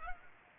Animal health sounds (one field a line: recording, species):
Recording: mosquito wingbeat signal from an infrared sensor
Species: Culex pipiens